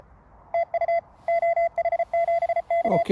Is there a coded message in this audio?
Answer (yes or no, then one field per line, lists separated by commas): yes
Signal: Morse code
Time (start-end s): 0.5-3.0 s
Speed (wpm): 35 wpm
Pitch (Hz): 680 Hz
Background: none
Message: TU OH7K